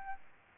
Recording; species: mosquito wingbeat signal from an infrared sensor; Aedes albopictus